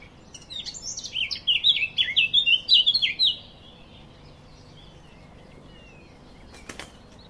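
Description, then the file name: Eurasian blackcap song: one fast, chattering warbled phrase lasting about three seconds, then quiet, with a single sharp click near the end. "Sylvia atricapilla"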